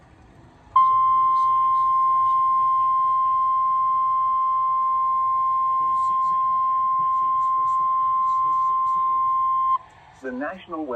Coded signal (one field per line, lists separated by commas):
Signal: Emergency Alert System (SAME) tones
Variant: 1050 Hz attention tone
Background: speech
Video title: Slightly Busted: EAS Alerts From 8/18/24 (EAS #3296-3341)